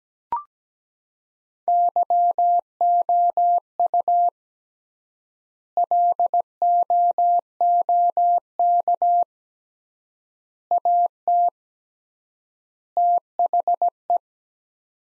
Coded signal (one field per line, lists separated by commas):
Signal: Morse code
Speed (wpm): 17 wpm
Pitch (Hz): 700 Hz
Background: none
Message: YOU LOOK AT THE